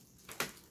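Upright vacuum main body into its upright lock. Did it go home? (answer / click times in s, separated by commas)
yes / 0.4 s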